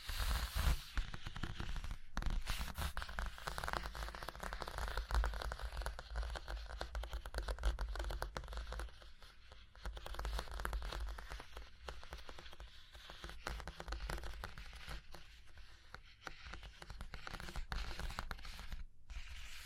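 Fingers tap, scratch and trace across a surface in dense, irregular bursts of dry clicks and rustling, with brief pauses near 2 and 19 seconds.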